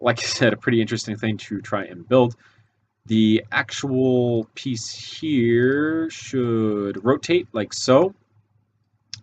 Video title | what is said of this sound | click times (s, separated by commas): Custom LEGO Gun MOC: M40A3 [MW](Divinity Edition) | as you can see it locks into place based on this piece right here | 9.1 s